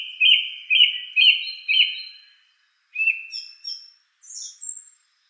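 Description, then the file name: Song thrush song: a short clear phrase repeated four times, then a pause and varied high, thin, twittering notes; no other sounds. "suara-kicauan-burung-song-thrush 7-omkicau"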